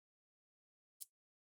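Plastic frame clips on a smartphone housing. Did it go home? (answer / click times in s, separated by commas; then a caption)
released / 1.0 s. The plastic clips holding the back frame of a Samsung Galaxy A50/A30 (SM-A505) smartphone housing are pried apart after alcohol is applied to soften the adhesive. After silence, a single tiny, sharp click at 1.0 s marks a clip letting go. The frame clips are released.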